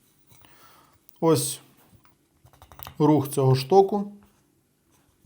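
The spring-locked rod in the fuze mechanism of an inert MAT-76 training mine is handled and moved while someone talks. Faint taps and small clicks of the handling are heard between the speech, mostly around 2.5 to 2.9 seconds. Nothing has seated or clicked into its locked position yet.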